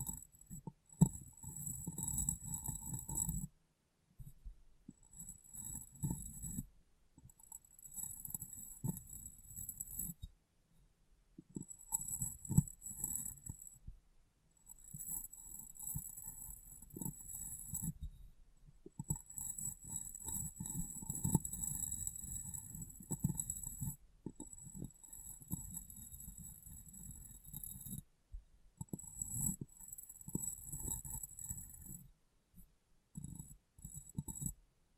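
Glass brain being tapped and cleaned, with bursts of dull low taps and rubbing that come and go in uneven stretches of a few seconds. A bright high hiss rides over each burst, and the short pauses between them are nearly silent.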